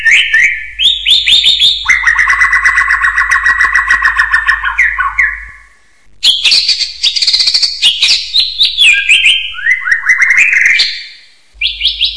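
Bird song with rapid buzzy trills and chattering phrases, loud bursts separated by two short pauses, notes jumping between high and middle pitches.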